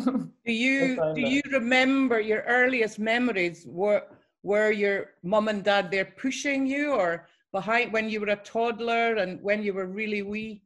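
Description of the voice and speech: An adult speaks clearly and fluently in a British accent, asking about earliest childhood memories.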